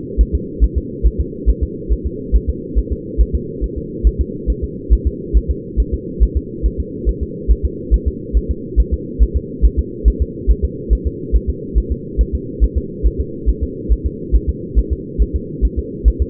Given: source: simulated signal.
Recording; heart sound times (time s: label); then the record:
fetal heart sounds
0.21 s: S1
0.35 s: S2
0.64 s: S1
0.78 s: S2
1.06 s: S1
1.20 s: S2
1.49 s: S1
1.63 s: S2
1.93 s: S1
2.06 s: S2
2.35 s: S1
2.50 s: S2
2.78 s: S1
2.92 s: S2
3.21 s: S1
3.35 s: S2
3.64 s: S1
3.78 s: S2
4.07 s: S1
4.21 s: S2
4.50 s: S1
4.64 s: S2
4.93 s: S1
5.07 s: S2
5.37 s: S1
5.51 s: S2
5.80 s: S1
5.94 s: S2
6.23 s: S1
6.37 s: S2
6.66 s: S1
6.80 s: S2
7.09 s: S1
7.23 s: S2
7.51 s: S1
7.65 s: S2
7.94 s: S1
8.08 s: S2
8.37 s: S1
8.51 s: S2
8.80 s: S1
8.94 s: S2
9.22 s: S1
9.37 s: S2
9.65 s: S1
9.79 s: S2
10.08 s: S1
10.22 s: S2
10.51 s: S1
10.65 s: S2
10.93 s: S1
11.07 s: S2
11.36 s: S1
11.50 s: S2
11.78 s: S1
11.92 s: S2
12.21 s: S1
12.35 s: S2
12.64 s: S1
12.78 s: S2
13.06 s: S1
13.20 s: S2
13.49 s: S1
13.63 s: S2
13.92 s: S1
14.06 s: S2
14.35 s: S1
14.49 s: S2
14.78 s: S1
14.93 s: S2
15.22 s: S1
15.36 s: S2
15.65 s: S1
15.79 s: S2
16.08 s: S1
16.22 s: S2
From the record:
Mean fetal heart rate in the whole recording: 140 bpm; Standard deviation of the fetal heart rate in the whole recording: 2 bpm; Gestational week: 34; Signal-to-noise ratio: -4.1 dB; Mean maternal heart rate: no maternal heart sound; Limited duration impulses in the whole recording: absent